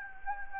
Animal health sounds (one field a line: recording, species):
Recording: mosquito wingbeat signal from an infrared sensor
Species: Anopheles gambiae